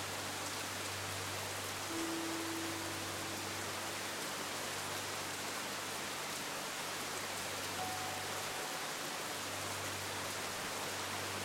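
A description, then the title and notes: Hard, steady rain fills the recording with a dense, even hiss from low to very high. Faint piano notes surface only occasionally, one held tone around two seconds and another near eight, while a low hum runs underneath nearly throughout. Two Pianos In The Rain. Two piano melodies that slowly meander behind the sound of a hard rain.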